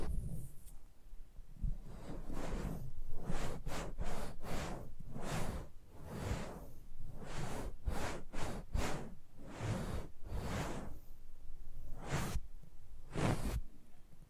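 Close-up mic treatment: a series of short, airy swishes and rubs pass over the microphone, roughly one or two per second with a longer gap near the end. A low, uneven rumble of handling noise continues underneath throughout.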